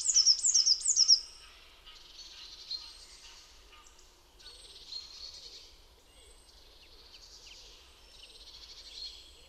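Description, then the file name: Eurasian blue tit call: three quick high downslurred notes at the start, followed by softer high twittering. "Cyanistes caeruleus"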